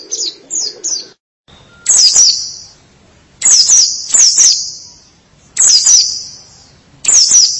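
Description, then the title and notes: White-eye song: soft chirps, then a few louder high twittering phrases separated by quiet gaps. "Kicauan Burung Pleci Durasi Panjang. Suara kicauan burung pleci"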